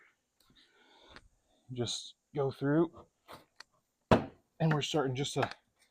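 Someone talks while handling the plastic rear bumper cover of a 2014 Chevy Impala LTZ, getting ready to push its clips back into the side retainers along the side of the car. A few faint, brief taps sound around 0.4, 0.6, 1.2 and 3.6 seconds between the speech. Nothing has seated or clicked in yet.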